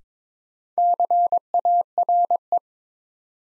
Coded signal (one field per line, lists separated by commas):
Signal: Morse code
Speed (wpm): 22 wpm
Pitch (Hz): 700 Hz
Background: none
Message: CARE